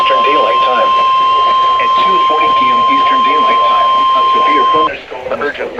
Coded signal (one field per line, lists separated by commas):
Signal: Emergency Alert System (SAME) tones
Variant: 1050 Hz attention tone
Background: speech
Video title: WELCOME HOME. 3,000 ALERTS!!! || EAS Alerts from August 17, 2024 (EAS #2,959-3,006)